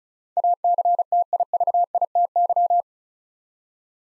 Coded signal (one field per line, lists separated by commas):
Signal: Morse code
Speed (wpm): 34 wpm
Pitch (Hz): 700 Hz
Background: none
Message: ACTIVITY